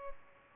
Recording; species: mosquito wingbeat signal from an infrared sensor; Culex pipiens